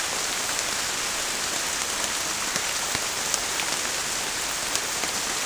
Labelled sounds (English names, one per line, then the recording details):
none
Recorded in pastures near Puerto Asís, Putumayo, Colombia, on 19 March 2025 at 23:00
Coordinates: 0.505, -76.324
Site GP08